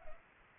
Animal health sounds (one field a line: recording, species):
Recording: mosquito wingbeat signal from an infrared sensor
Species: Culex pipiens